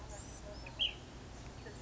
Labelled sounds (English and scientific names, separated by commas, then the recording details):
Ash-throated Flycatcher (Myiarchus cinerascens)
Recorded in Sonoma County, California